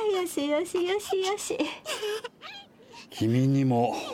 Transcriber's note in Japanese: とあやす。赤ん坊、笑う